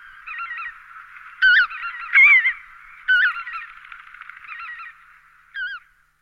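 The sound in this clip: Lesser white-fronted goose honking calls, nasal and wavering, in scattered bursts with a few louder, higher-pitched honks standing out over a softer continuous chatter.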